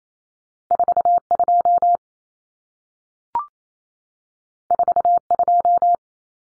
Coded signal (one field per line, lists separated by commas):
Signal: Morse code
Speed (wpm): 28 wpm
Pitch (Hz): 700 Hz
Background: none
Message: 42 42